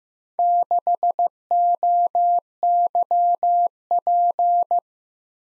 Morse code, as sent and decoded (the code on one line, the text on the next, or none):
-.... --- -.-- .--.
6OYP